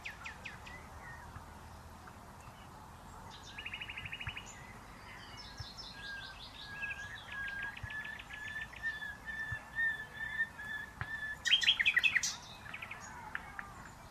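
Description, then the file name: Common nightingale song: a buzzy trill, series of repeated clicking notes, a long level whistle and a loud rapid burst, with varied phrases throughout. "Luscinia megarhynchos"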